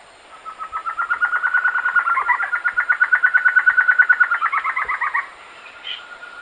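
Bird delivering a long, steady trill of rapid pulsed notes for about five seconds, closing with a run of lower slurred notes, then quiet.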